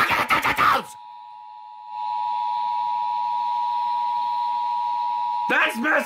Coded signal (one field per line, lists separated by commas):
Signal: Emergency Alert System (SAME) tones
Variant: 853 and 960 Hz attention tone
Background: speech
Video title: HELLO 2020... EAS Tests from 1/7/20 - 1/16/20 (EAS #3,660 - 3,671)